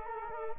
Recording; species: mosquito wingbeat signal from an infrared sensor; Culex quinquefasciatus